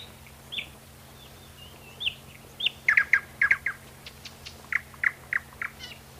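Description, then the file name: Nightingale song: a few soft whistled notes, then loud repeated notes in two quick series separated by a brief pause, over a faint low hum. "solovey"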